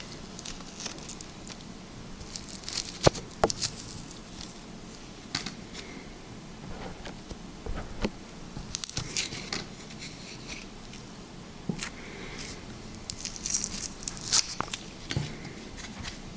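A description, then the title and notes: Liquid slime being handled, with a steady run of small wet clicks, pops and squishes over a soft low rumble. Sharper squelches stand out around three, nine, twelve and fourteen seconds, and the sounds come unevenly in short clusters throughout. Liquid Slime ASMR.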